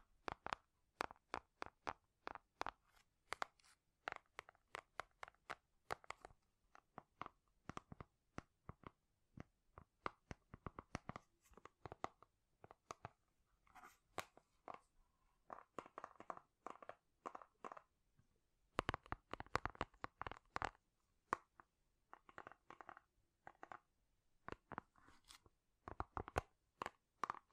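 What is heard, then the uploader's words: Rapid, sharp ASMR tapping in quick irregular bursts, thinning out briefly mid-clip before a dense flurry returns around twenty seconds. ASMR Great Tapping Sounds for Sleep (No Talking).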